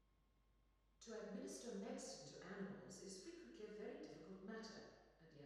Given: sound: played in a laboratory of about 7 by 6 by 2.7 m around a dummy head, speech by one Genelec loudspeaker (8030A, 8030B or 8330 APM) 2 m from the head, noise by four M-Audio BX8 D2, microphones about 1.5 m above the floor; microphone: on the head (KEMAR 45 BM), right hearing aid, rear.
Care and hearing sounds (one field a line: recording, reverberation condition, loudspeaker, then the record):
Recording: female speech in English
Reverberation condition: high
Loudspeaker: 120 degrees to the left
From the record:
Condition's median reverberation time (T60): about 1300 ms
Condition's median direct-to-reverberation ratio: about -4.0 dB